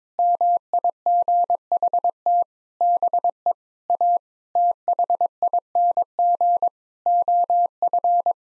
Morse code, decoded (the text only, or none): MIGHT BE A THING OF